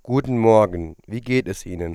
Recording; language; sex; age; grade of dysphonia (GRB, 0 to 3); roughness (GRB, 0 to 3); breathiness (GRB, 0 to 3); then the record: spoken sentence; German; male; 20 to 29 years; 0; 0; 0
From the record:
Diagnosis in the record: healthy voice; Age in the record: 27 years